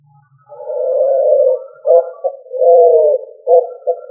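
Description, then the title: Pigeon cooing: a long, low, smooth hooting coo, followed by a pair of shorter, wavering coos, a second long coo, and then another pair of brief coos. "Familia Columbidae Pomba"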